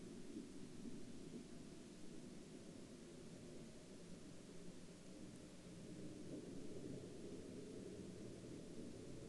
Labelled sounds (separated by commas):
man-made sound